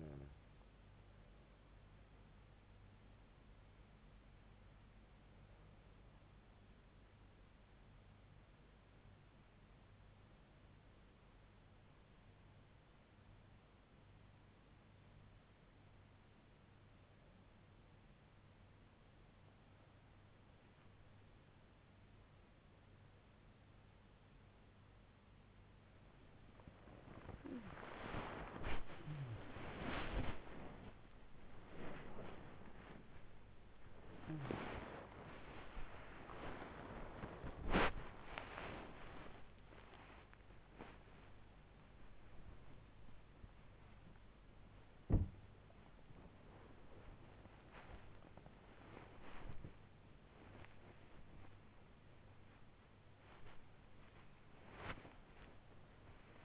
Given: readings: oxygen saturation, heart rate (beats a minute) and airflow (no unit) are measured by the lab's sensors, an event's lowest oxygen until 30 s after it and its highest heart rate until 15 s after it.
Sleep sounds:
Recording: a person awake in a sleep study, by a voice recorder at the bedside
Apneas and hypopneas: 1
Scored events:
5.00-18.40 s: hypopnea (N2, oxygen 94% highest, then 92% lowest, heart rate 74 at the start, 85 highest)
21.00-56.45 s: new sleep stage, awake
From the record:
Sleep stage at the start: N2 (light sleep)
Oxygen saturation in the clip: 92 to 94%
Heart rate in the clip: 67 to 93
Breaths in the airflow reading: 13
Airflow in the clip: -7.9 to 8.9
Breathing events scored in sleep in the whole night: 158 in 7.3 hours asleep

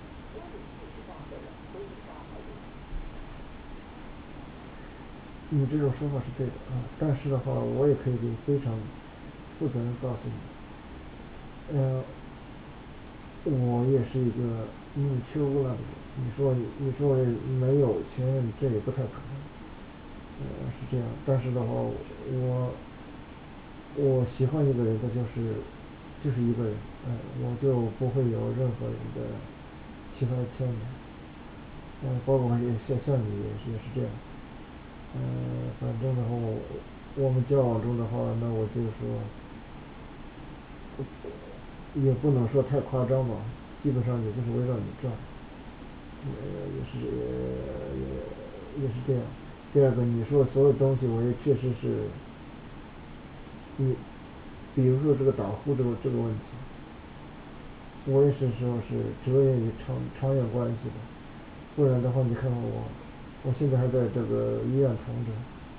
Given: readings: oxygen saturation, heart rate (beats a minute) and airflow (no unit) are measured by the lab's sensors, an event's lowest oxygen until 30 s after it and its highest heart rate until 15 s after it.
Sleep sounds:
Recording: a person awake in a sleep study, by a voice recorder at the bedside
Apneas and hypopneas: none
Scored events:
0.00-65.79 s: awake
From the record:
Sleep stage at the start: awake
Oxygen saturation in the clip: 94 to 96%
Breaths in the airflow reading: 16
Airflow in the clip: -5.4 to 6.0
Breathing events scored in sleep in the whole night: 216 in 7.0 hours asleep

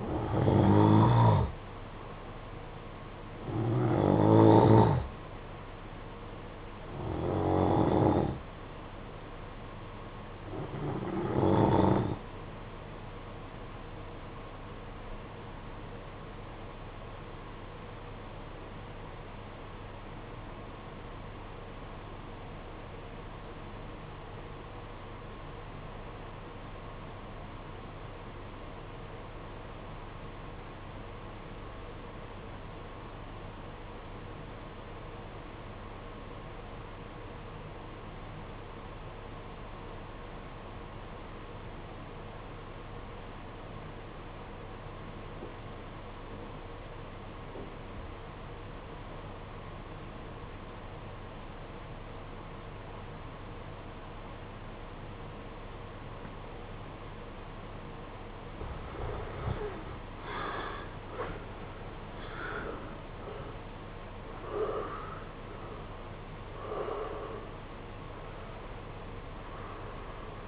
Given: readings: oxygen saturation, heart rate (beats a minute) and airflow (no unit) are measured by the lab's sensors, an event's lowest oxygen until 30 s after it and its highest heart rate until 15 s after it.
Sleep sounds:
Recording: breathing in sleep by a voice recorder at the bedside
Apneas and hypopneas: 1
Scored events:
16.00-58.90 s: obstructive apnea (REM, oxygen 94% highest, then 73% lowest, heart rate 54 at the start, 95 highest)
64.00-70.48 s: new sleep stage, N1 (lightest sleep)
From the record:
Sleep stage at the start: REM sleep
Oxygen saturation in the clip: 77 to 94%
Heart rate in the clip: 50 to 95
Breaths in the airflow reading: 9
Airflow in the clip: -8.3 to 13.3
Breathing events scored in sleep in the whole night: 476 in 9.7 hours asleep

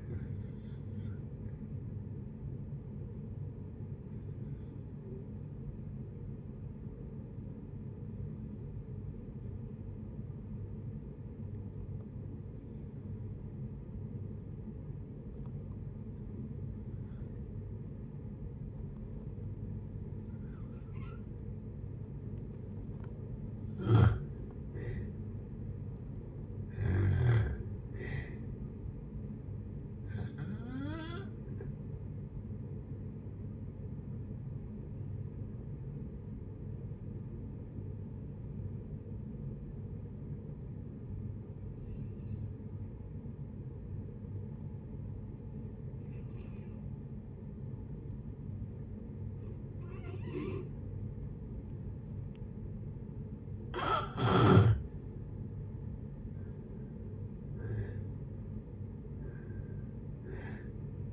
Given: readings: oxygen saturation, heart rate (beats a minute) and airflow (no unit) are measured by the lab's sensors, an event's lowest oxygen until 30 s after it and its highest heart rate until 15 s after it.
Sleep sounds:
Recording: breathing in sleep by a smartphone at the bedside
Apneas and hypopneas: 2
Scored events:
3.00-24.70 s: hypopnea (N1, oxygen 97% highest, then 85% lowest, heart rate 59 at the start, 69 highest)
8.00-61.13 s: new sleep stage, N2 (light sleep)
30.00-53.50 s: hypopnea (N2, oxygen 95% highest, then 82% lowest, heart rate 69 at the start, 72 highest)
From the record:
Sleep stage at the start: N1 (lightest sleep)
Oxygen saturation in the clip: 81 to 97%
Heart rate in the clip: 57 to 71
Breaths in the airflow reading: 15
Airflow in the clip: -5.7 to 9.0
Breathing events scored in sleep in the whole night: 496 in 5.4 hours asleep

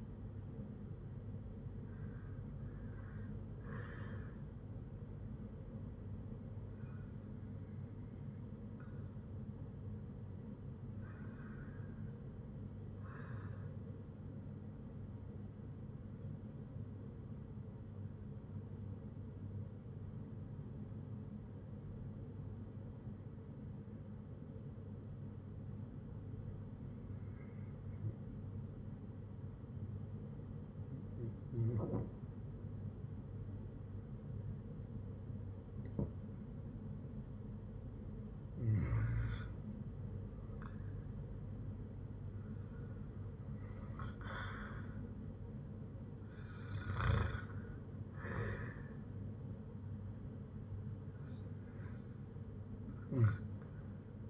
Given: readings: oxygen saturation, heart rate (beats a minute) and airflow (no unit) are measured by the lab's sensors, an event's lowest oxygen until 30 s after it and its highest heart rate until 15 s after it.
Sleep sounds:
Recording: breathing in sleep by a smartphone at the bedside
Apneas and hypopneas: 1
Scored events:
20.00-40.70 s: hypopnea (REM, oxygen 97% highest, then 90% lowest, heart rate 57 at the start, 71 highest)
From the record:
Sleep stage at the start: REM sleep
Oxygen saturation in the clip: 92 to 97%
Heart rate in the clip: 57 to 74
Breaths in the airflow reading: 12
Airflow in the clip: -9.6 to 6.9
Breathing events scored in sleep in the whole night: 182 in 7.4 hours asleep

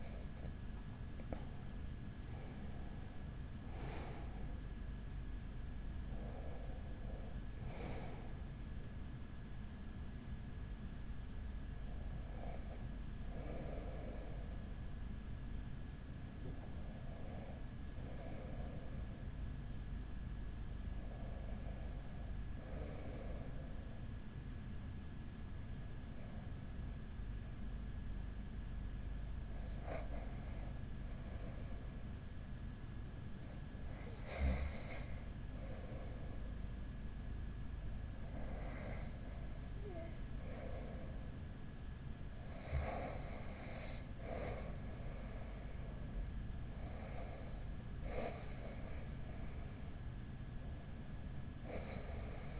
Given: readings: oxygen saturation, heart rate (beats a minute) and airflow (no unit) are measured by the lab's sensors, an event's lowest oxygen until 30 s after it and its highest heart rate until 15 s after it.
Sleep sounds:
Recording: breathing in sleep by a smartphone at the bedside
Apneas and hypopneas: 1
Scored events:
19.00-43.50 s: hypopnea (REM, oxygen 97% highest, then 93% lowest, heart rate 44 at the start, 45 highest)
From the record:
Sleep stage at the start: REM sleep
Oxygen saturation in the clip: 95 to 97%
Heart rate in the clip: 40 to 58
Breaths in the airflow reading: 12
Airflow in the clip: -6.8 to 6.6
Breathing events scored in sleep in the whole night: 207 in 7.6 hours asleep

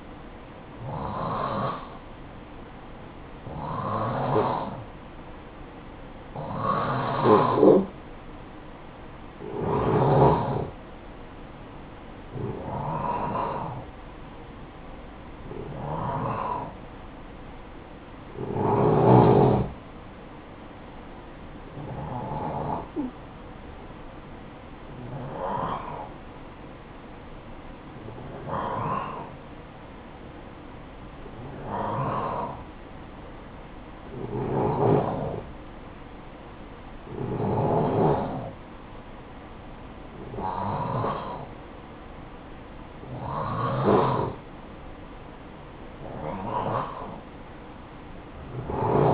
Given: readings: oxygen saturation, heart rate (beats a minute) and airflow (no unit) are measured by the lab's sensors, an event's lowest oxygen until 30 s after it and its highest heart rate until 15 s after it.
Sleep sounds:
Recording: breathing in sleep by a voice recorder at the bedside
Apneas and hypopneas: none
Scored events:
39.00-49.14 s: new sleep stage, N1 (lightest sleep)
From the record:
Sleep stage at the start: N2 (light sleep)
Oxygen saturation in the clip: 87 to 93%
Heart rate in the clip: 52 to 65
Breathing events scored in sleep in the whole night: 573 in 9.8 hours asleep

